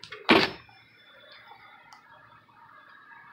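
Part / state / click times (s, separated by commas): new fitting onto refrigerator ice maker water valve / seated / 0.3 s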